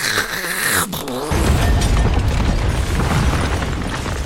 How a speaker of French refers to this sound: C'est le plafond qui est tombé sur la tête du voisin.